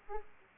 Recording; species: mosquito wingbeat signal from an infrared sensor; Aedes aegypti